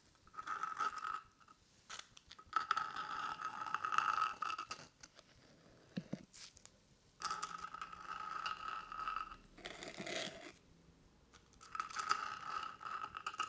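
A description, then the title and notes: Bright bursts of scissor snipping and brushing come in three long runs, separated by short quiet pauses and a muffled rub near ten seconds. ASMR Ear Massage Ear Cupping Ear Rubbing Ear Brushing and Scissor Sounds.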